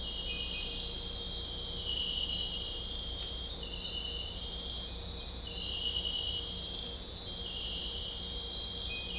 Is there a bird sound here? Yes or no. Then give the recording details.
no. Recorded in dense forest near Puerto Asís, Putumayo, Colombia, on 20 December 2024 at 23:30. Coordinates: 0.499, -76.324. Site G045